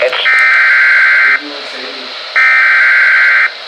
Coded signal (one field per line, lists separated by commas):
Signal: Emergency Alert System (SAME) tones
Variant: header bursts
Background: speech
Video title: [BMH Fail] - NOAA Weather Radio EAS #424: Severe Thunderstorm Warning